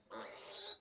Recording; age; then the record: pig call; piglet (1 to 25 days)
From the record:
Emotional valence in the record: negative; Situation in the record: restrain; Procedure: back test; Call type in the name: high-frequency call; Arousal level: medium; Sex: female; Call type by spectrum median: high-frequency call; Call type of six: high-frequency stable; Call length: 0.81 s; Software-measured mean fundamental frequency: 252 Hz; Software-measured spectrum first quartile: 4080 Hz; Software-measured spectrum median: 7816 Hz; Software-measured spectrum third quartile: 10741 Hz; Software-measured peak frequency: 3869 Hz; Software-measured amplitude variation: 146 dB a second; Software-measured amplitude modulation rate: 19.7 a second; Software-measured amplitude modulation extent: 7.5 dB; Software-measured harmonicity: -0.3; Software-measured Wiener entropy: -1.66